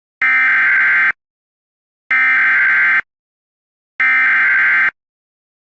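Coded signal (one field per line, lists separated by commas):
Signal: Emergency Alert System (SAME) tones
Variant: header bursts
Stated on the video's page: Simulated EAS scenario, a remastered mock.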